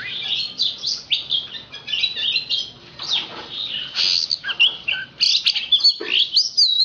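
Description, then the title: Magpie-robin song, rapid high twittering and whistled notes, with a few scratchy bursts and sharp sweeps near the end. Kacer poci form; national champion competition bird, singing vigorously in nembak (shooting) and ngerol (rolling) styles; seven kinds of song every three minutes. "Kacer Poci Gacor Nembak Dan Ngerol Juara Nasional. 7 macam suara kacer setiap 3 menit"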